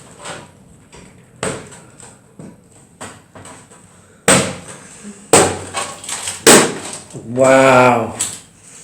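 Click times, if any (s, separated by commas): none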